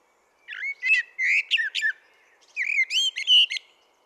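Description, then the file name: Common blackbird song in two short bursts of rich, low fluting mixed with thin, squeaky high notes. "Turdus merula"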